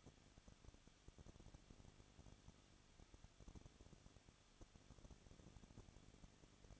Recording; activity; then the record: daily activity, microphone in the room; no activity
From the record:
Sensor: 4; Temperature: 23.1 degrees Celsius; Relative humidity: 34.1%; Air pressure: 1007.2 hPa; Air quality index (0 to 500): 214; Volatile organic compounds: 14 ppm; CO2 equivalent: 2470 ppm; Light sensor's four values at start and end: 2/3/1/1 and 2/3/1/1